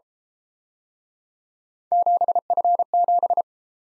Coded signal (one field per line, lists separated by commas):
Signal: Morse code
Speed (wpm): 32 wpm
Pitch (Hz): 700 Hz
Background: none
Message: 7F7